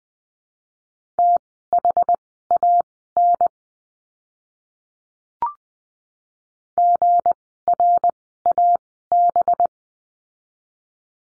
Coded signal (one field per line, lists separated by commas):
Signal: Morse code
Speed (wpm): 20 wpm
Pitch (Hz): 700 Hz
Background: none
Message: THAN GRAB